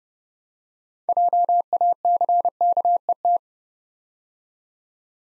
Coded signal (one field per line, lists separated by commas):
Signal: Morse code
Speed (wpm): 30 wpm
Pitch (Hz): 700 Hz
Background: none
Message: JACKET